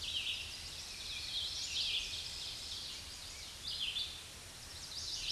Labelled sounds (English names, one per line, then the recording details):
Red-eyed Vireo song
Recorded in a Pennsylvania forest on 16 May 2024 at 07:18
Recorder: AudioMoth, point MSD-2095
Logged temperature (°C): 16.3 °C
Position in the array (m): 166 m, 71 m